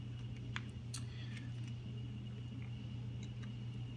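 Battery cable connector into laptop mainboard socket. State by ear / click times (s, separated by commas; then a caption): seated / 0.6 s. A laptop battery's cable connector on an ASUS Q302L is plugged back into its socket on the mainboard and pushed down, snapping into place with a sharp click at 0.6 s. A few fainter ticks follow over a steady low hum, and the connector is seated.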